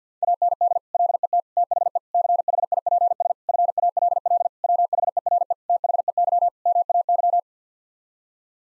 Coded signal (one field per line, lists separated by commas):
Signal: Morse code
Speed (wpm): 50 wpm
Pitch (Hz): 700 Hz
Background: none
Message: AND LET THE CHIPS FALL WHERE THEY MAY